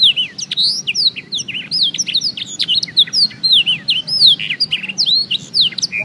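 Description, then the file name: Black-throated canary in sustained song: quick runs of bright, sliding whistled notes and sharp chips, pouring out without pause for the whole six seconds. "audio kenari new obelix jr full blackthroat"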